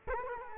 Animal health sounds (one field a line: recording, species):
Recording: mosquito wingbeat signal from an infrared sensor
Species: Culex quinquefasciatus